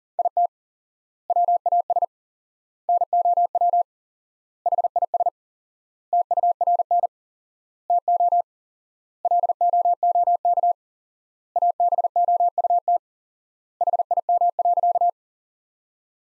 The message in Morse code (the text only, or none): IT WAS NOW HIS TURN TO LOOK ABOUT HIM.